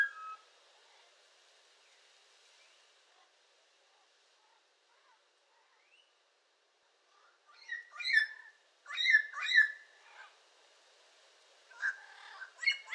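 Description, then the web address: Yellow-crowned amazon, mostly quiet at first, then several groups of loud raspy squawks, followed by a few more sharp calls near the end. "sound yellow-crowned-amazon. دانلود-صدای-پرنده-آمازون-تاجزرد"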